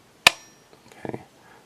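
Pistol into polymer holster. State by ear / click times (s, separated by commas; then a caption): seated / 0.3 s. An unloaded pistol, with no magazine and nothing in the barrel, is pushed into a G-Code SOC RIG polymer holster, and the retention snaps shut with a sharp, firm click at 0.3 s. A few faint, softer clatters follow around 0.7 to 1.1 s. The pistol is seated and held by the retention, with a positive, solid-feeling click.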